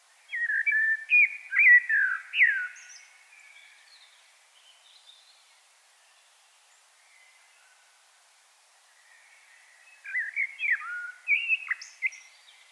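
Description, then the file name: Common blackbird song: a rich fluted phrase of swooping whistles, a long silence, then another warbled phrase with a high squeak. "Turdus merula"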